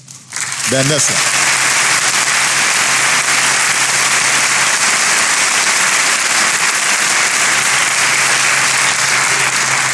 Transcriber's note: applause